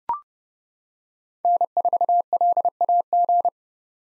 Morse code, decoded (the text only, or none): N4LAG